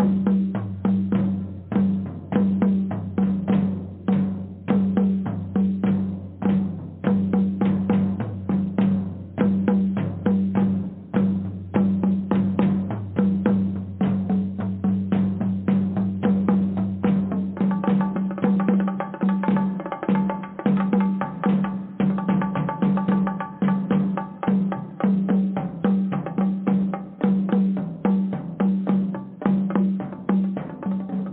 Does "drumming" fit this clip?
yes